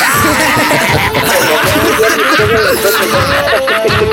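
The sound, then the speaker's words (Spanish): A pet animal, Loki, squeals and whines continuously, its high, wavering cries rising and falling in pitch over a loud, cluttered background of noise. “Soquito Loki está chillando.”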